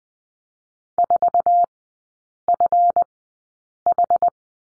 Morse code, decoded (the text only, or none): 4FH